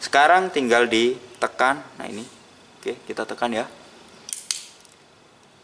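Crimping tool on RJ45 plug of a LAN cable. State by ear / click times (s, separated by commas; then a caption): torque reached / 4.3 s, 4.5 s. A ratchet crimping tool is squeezed onto a plastic RJ45 plug fitted to a CAT6 UTP LAN cable while someone talks. The tool closes fully with two sharp metallic clicks at 4.3 s and 4.5 s, followed by a few faint ticks. The crimp is confirmed at full stroke.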